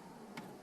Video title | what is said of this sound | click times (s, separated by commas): замена монитора на авто форд фьюжн 2013-2016 | a clip on this blue connector you need to face that clip down when you plug it in and push it in till it clicks | 0.4 s